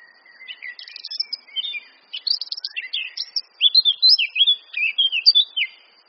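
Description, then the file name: Eurasian blackcap song, a rich warbling run of varied whistled notes and rapid chattering phrases, growing louder and more fluty toward the end. "Sylvia atricapilla"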